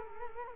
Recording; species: mosquito wingbeat signal from an infrared sensor; Culex quinquefasciatus